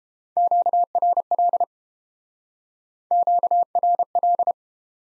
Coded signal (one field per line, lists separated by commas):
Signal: Morse code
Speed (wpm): 29 wpm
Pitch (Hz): 700 Hz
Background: none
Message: QRL QRL